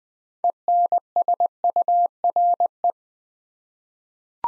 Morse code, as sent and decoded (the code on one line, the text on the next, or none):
. -. ... ..- .-. .
ENSURE